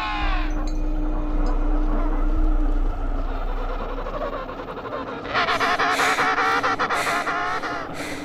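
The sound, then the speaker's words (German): A penguin colony calls in a dense chorus of harsh, overlapping honks and brays over a low steady rumble, swelling into a louder, busier burst of squawking midway through. “Pinguinkolonie.”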